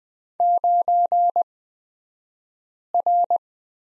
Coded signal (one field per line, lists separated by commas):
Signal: Morse code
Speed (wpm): 20 wpm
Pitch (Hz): 700 Hz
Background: none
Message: 9R